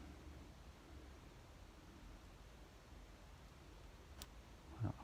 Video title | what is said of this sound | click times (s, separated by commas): HONDA XLR125R Part 25: Test d'un CDI chinois de Honda XL600V Transalp + compte-tours KOSO | Por supuesto, hizo clic. | 4.2 s